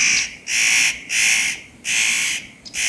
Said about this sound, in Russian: Можно послушать голос сойки? И голос кедровки.